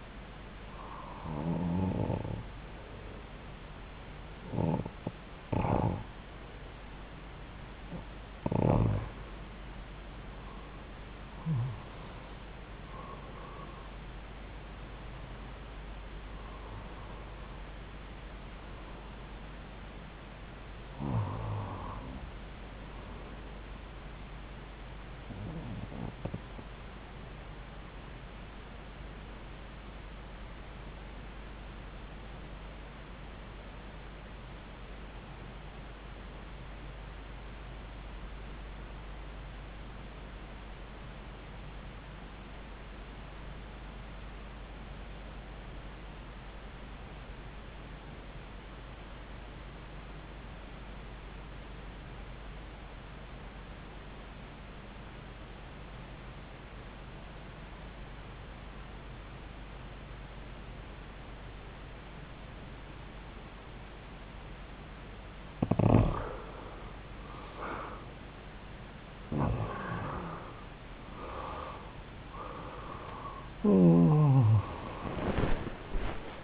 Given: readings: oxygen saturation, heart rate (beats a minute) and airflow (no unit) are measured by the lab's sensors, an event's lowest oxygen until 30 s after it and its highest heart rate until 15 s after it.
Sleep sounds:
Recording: breathing in sleep by a voice recorder at the bedside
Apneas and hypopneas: 1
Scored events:
30.00-66.30 s: obstructive apnea (REM, oxygen 96% highest, then 77% lowest)
From the record:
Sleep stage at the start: REM sleep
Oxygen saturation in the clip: 79 to 96%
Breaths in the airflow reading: 12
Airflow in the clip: -10.6 to 13.3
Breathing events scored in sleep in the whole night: 270 in 6.1 hours asleep

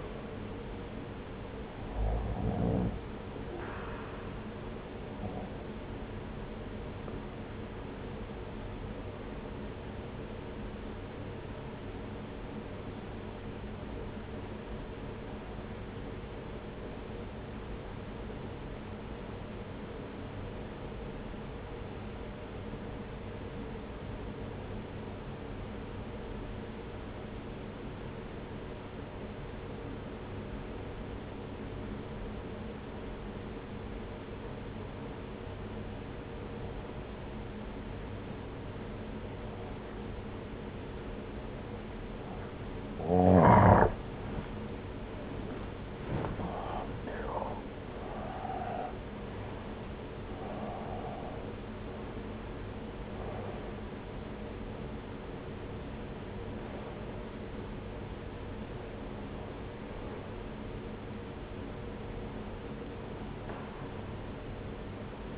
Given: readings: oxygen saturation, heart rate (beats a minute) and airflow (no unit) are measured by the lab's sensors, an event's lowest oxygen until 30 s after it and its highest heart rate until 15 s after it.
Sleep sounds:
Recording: breathing in sleep by a voice recorder at the bedside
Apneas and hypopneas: 1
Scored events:
12.00-44.70 s: obstructive apnea (N1, oxygen 95% highest, then 85% lowest, heart rate 60 at the start, 81 highest)
From the record:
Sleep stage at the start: N1 (lightest sleep)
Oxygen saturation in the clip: 84 to 95%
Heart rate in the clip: 59 to 81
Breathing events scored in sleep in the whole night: 303 in 8.1 hours asleep

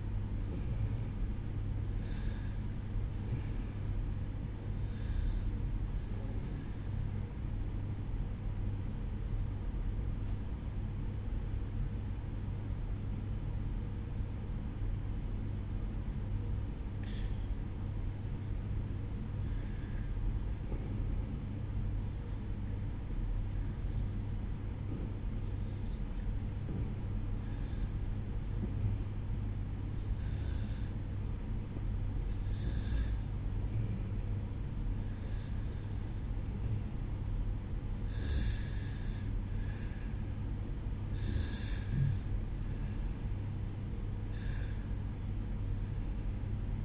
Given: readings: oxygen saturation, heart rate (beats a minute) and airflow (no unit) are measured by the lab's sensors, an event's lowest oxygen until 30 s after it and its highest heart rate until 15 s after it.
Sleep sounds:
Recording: breathing in sleep by a smartphone at the bedside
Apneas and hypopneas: 1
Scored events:
7.00-34.40 s: hypopnea (REM, oxygen 93% highest, then 90% lowest, heart rate 72 at the start, 79 highest)
From the record:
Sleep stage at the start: REM sleep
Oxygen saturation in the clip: 89 to 93%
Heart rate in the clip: 70 to 79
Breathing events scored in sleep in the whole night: 305 in 9.6 hours asleep

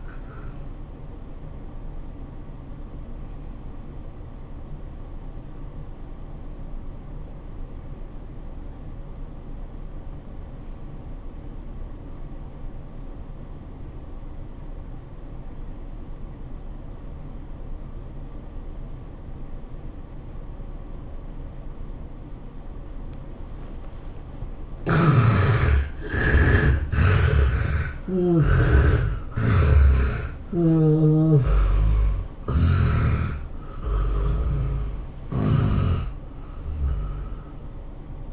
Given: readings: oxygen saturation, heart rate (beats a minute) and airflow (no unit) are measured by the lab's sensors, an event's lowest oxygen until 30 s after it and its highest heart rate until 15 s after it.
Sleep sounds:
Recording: breathing in sleep by a smartphone at the bedside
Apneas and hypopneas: 1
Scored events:
5.00-24.00 s: obstructive apnea (N1, oxygen 94% highest, then 72% lowest, heart rate 74 at the start, 105 highest)
15.00-38.33 s: new sleep stage, N2 (light sleep)
From the record:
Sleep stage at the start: N1 (lightest sleep)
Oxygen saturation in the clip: 70 to 94%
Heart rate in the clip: 74 to 105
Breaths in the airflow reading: 5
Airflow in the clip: -13.2 to 15.4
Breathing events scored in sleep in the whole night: 403 in 5.5 hours asleep

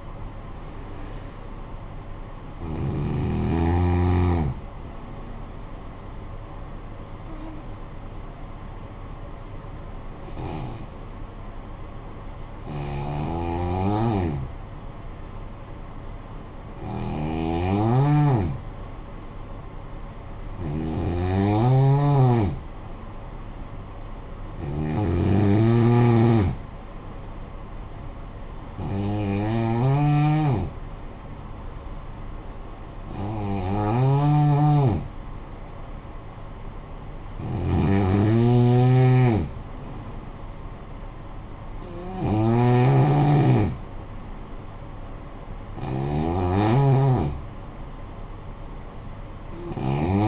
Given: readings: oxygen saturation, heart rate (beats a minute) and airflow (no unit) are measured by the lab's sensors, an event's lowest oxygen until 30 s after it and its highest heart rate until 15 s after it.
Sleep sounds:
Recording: breathing in sleep by a smartphone at the bedside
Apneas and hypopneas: 1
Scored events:
8.00-24.20 s: hypopnea (N2, oxygen 94% highest, then 90% lowest, heart rate 49 at the start, 56 highest)
From the record:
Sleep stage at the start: N2 (light sleep)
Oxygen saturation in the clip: 89 to 94%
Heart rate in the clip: 49 to 71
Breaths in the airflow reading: 11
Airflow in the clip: -13.6 to 6.7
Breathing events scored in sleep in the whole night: 445 in 7.6 hours asleep

